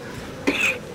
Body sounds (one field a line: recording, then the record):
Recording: coughing mixed with background sound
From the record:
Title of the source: 64 coughing, allergies, singing lungs